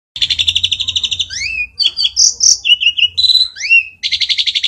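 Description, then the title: Starling delivering a fast rattling trill, then squeaky rising and falling whistles and bright high notes, ending in another rapid pulsed rattle. "Jalak"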